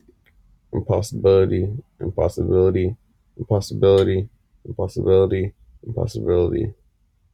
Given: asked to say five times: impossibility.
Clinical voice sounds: repeated word; male; 20 to 29 years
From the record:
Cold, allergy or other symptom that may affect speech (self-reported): no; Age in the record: 21 years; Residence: Massachusetts, United States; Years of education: 16

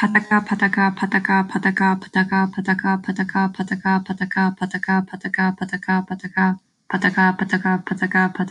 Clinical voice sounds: repeated syllables /pa ta ka/; female; 18 to 19 years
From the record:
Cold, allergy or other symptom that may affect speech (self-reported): no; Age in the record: 19 years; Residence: Texas, United States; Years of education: 14

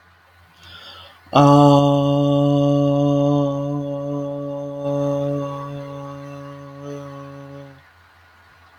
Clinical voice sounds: vowel held as long as possible; male; 30 to 39 years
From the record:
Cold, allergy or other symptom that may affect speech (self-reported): no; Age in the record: 36 years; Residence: Romania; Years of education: 16

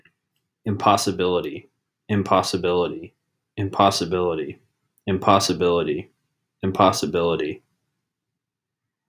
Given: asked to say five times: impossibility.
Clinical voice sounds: repeated word; male; 20 to 29 years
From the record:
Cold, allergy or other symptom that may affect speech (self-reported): no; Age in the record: 27 years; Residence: Iowa, United States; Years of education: 16

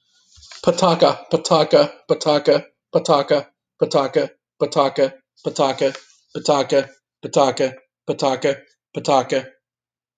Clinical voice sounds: repeated syllables /pa ta ka/; male; 30 to 39 years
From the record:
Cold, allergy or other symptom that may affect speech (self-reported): no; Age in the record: 39 years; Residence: West Virginia, United States

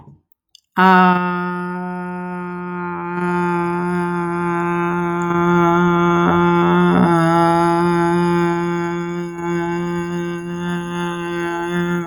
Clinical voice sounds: vowel held as long as possible; female; 30 to 39 years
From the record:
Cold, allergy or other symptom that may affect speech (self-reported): no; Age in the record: 32 years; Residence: Michigan, United States

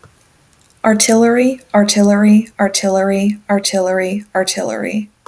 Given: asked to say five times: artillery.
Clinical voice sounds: repeated word; female; 20 to 29 years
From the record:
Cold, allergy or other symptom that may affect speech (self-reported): no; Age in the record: 25 years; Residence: Nebraska, United States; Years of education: 18

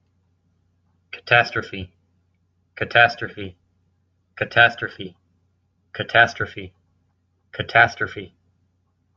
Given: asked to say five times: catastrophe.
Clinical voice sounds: repeated word; male; 40 to 49 years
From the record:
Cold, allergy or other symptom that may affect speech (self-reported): no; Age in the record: 48 years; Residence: Missouri, United States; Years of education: 14

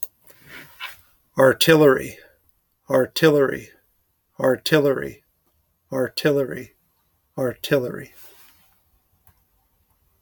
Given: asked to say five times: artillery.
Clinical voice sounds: repeated word; male; 40 to 49 years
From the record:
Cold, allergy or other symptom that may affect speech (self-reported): no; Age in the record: 41 years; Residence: California, United States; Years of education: 16

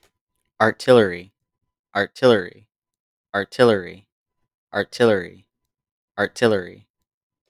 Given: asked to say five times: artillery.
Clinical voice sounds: repeated word; male; 20 to 29 years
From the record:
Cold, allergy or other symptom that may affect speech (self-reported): no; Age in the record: 20 years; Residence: Florida, United States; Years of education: 14

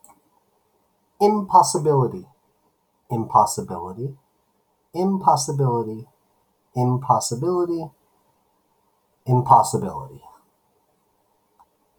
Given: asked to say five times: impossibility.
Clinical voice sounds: repeated word; male; 50 to 59 years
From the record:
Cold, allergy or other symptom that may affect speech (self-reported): no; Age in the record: 52 years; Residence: California, United States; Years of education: 19

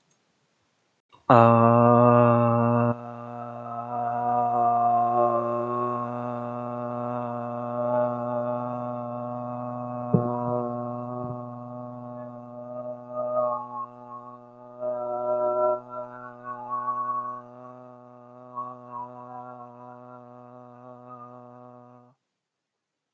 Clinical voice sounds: vowel held as long as possible; male; 30 to 39 years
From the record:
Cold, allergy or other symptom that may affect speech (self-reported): no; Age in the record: 39 years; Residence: Arkansas, United States

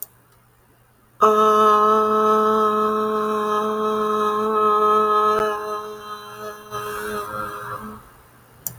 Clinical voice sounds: vowel held as long as possible; female; 50 to 59 years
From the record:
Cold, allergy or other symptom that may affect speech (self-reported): no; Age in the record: 52 years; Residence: Texas, United States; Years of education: 16

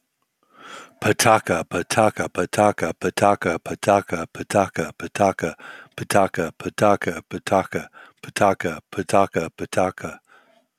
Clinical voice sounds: repeated syllables /pa ta ka/; male; 40 to 49 years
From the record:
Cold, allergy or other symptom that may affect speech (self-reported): no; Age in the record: 49 years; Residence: California, United States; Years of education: 16

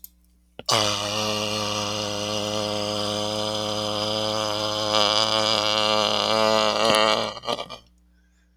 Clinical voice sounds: vowel held as long as possible; male; 40 to 49 years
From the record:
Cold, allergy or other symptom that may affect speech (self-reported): no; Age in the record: 47 years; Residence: Arizona, United States

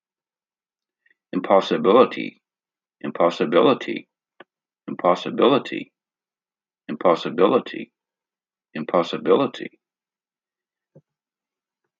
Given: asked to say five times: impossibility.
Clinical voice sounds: repeated word; male; 50 to 59 years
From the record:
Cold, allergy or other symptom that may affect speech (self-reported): no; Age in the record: 55 years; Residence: Ohio, United States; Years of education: 12

